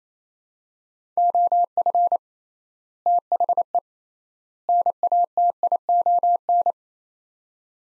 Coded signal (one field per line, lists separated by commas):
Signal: Morse code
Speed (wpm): 28 wpm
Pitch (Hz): 700 Hz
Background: none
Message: OF THE NATION